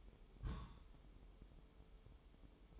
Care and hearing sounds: daily activity, microphone in the room; place on stove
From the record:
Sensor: 1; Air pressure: 988.3 hPa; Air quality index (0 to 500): 202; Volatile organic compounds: 1000 ppm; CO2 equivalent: 5408 ppm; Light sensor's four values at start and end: 26/97/37/39 and 26/97/37/38

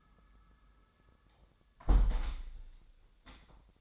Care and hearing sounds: daily activity, microphone in the room; close window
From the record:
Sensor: 3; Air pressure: 1000.4 hPa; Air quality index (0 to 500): 139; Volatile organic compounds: 2 ppm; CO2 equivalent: 1209 ppm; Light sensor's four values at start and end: 14/36/14/16 and 13/34/13/15

